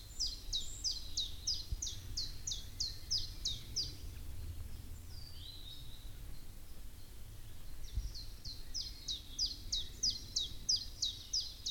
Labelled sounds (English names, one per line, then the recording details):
Common Chiffchaff
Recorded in the wild
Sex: male
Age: adult
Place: Grasehorst, Berlin, DE
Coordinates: 54.13, 10.16
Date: 1989-04-30 10:30
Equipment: Uher 4400 Report Monitor, Sennheiser ME 80, K 30 AV
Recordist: Fischer, Stefan